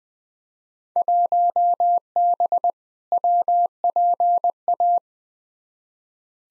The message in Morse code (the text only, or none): 1B WPA